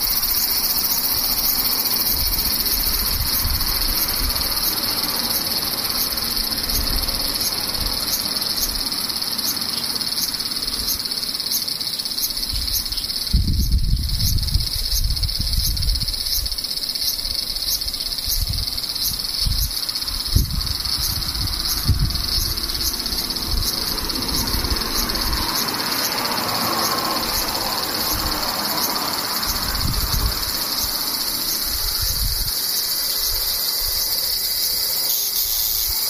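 Cicadas drone in a steady, dense, bright shrill with a fast pulsing texture throughout, while low rumbling thumps come and go, strongest around fourteen seconds.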